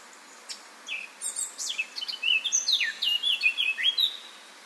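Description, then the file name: Eurasian blackcap song: a scratchy, chattering warble that breaks into clear, fluty whistled phrases, several dropping in pitch, over faint background hiss. "Sylvia atricapilla"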